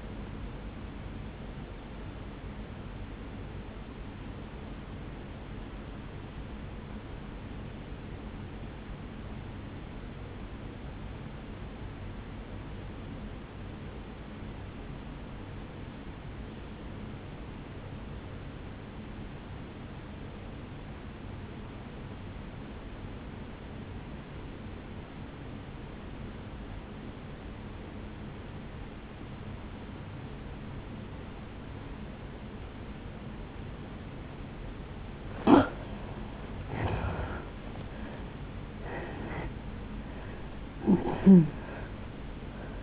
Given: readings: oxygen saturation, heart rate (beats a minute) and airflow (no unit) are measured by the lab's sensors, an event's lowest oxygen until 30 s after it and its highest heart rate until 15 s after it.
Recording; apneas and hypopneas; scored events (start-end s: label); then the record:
breathing in sleep by a voice recorder at the bedside; 1
6.00-35.50 s: obstructive apnea (N1, oxygen 97% highest, then 82% lowest, heart rate 58 at the start, 77 highest)
22.00-42.82 s: new sleep stage, N2 (light sleep)
From the record:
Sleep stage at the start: N1 (lightest sleep); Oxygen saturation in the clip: 83 to 97%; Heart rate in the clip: 56 to 75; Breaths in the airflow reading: 3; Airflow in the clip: -9.7 to 12.0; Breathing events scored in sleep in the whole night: 449 in 7.0 hours asleep